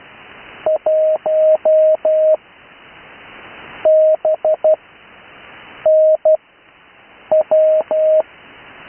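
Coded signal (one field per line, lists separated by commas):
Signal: Morse code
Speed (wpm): 12 wpm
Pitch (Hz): 630 Hz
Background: none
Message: 1 B N W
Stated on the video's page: Morse code callsign practice, recorded live.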